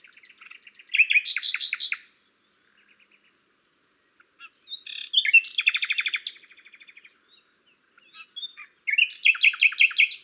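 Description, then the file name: Common nightingale singing three rich phrases of varied whistles and rapid rattling trills, separated by short pauses, in an otherwise quiet setting. "Luscinia megarhynchos"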